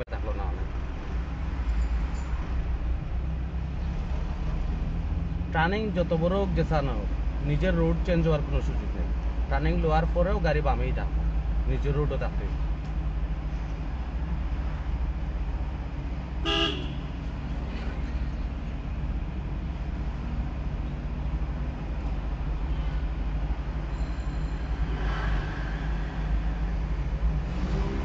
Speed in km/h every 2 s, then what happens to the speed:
20, 14, 11, 10, 16, 20, 23, 23, 22, 20, 19, 18, 19, 21.
0-6 slows to 10. 6-12 speeds up to 23. 12-28 steady at about 20.